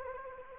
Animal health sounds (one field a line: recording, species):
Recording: mosquito wingbeat signal from an infrared sensor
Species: Anopheles gambiae